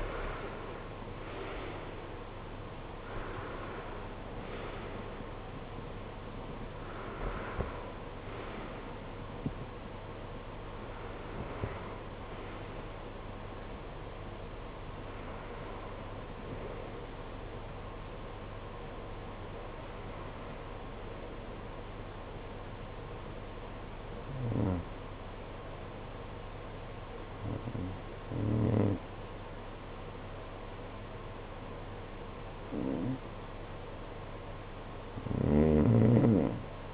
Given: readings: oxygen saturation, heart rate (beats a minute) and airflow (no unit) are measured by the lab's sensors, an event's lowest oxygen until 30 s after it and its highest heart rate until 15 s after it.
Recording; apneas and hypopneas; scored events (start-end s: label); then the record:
breathing in sleep by a voice recorder at the bedside; none
none scored
From the record:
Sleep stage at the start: REM sleep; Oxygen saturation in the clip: 73 to 96%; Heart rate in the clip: 52 to 83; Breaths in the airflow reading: 10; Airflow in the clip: -15.7 to 15.0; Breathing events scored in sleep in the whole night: 476 in 9.7 hours asleep